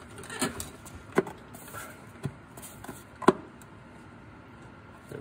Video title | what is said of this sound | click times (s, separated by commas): 2017 Silverado - Changing Transmission Temperature Sensor | not too bad it just pops right in | 3.3 s